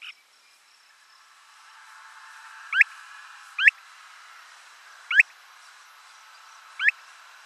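Mountain plover uttering brief upslurred whistles, four notes at uneven intervals of about one to two seconds.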